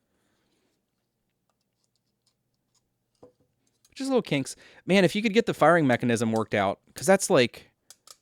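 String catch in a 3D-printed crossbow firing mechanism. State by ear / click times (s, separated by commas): not seated / none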